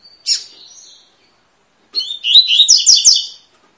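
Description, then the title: Double-collared seedeater song: a sharp high note trailing into a soft thin tone, then a rapid buzzy phrase of repeated slurred whistles. Tui-tui song style, fibra bird; teaching song (professor) used to tutor young birds. "COLEIRO TUI TUI FIBRA CANTO PROFESSOR"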